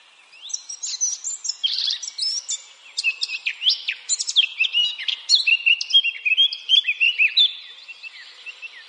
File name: Sylvia atricapilla